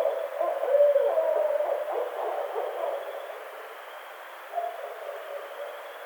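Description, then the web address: Barred owl hoots, loudest in an opening burst of quick notes, then trailing off into weaker calls and a brief final outburst, with steady hiss. Recorded on 23 April 2009. "Barred Owl 2009 04 23"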